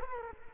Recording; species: mosquito wingbeat signal from an infrared sensor; Culex quinquefasciatus